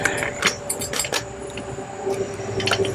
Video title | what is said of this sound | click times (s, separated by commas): Sun Joe CJ602E chipper shredder unboxing and review. | and clicks into place | 2.7 s